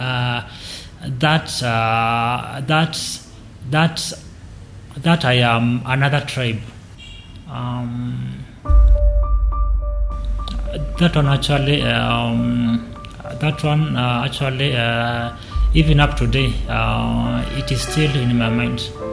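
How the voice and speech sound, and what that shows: An adult man speaking with stammering: he repeats a word several times with pauses between the repetitions, repeats whole phrases, and prolongs sounds. He has stammered since childhood and is from Tala, Machakos County, Kenya.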